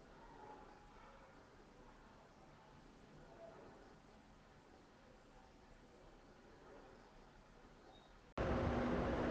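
Lungs by stethoscope. Normal vesicular breath sounds: soft, low-pitched, heard throughout respiration, produced by turbulent air striking bronchial bifurcations as it passes through airways of different sizes, from bronchioles to alveoli on inspiration.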